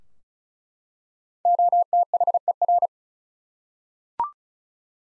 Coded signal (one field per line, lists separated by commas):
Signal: Morse code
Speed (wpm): 36 wpm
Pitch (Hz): 700 Hz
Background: none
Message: OTHER